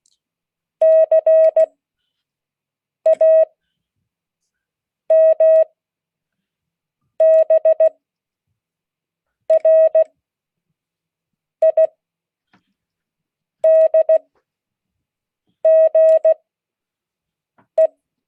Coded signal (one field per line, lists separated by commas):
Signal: Morse code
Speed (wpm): 16 wpm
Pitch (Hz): 640 Hz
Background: none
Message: CAMBRIDGE